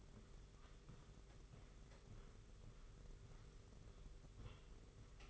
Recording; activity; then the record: daily activity, microphone in the room; walk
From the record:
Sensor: 4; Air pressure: 991.5 hPa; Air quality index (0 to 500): 138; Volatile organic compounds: 56 ppm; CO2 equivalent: 3376 ppm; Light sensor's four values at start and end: 23/75/28/29 and 23/76/28/29